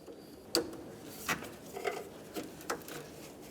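A plastic wiring harness connector at the bottom of a new wiper motor on the wiper transmission assembly of a 2006-2011 Honda Civic is lined up and pressed in. It snaps in with a sharp latch click at 0.6 s, followed by softer taps and rattles around 1.3, 1.9, 2.4 and 2.7 s. The connector is seated.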